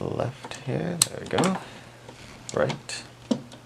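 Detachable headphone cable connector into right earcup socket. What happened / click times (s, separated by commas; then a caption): The cable connector is handled but has not yet seated / none. A detachable headphone cable connector is handled at the right earcup socket while someone talks, with a few short clicks and handling noises. Nothing has seated or clicked into place yet.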